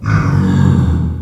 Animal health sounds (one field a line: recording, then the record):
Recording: squeal of a Yucatan mini pig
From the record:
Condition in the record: after surgery on the right vocal fold (resection and tissue-engineered implant)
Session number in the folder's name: 17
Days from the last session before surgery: 195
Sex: female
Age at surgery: 19 weeks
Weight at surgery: 25 kg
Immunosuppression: prednisolone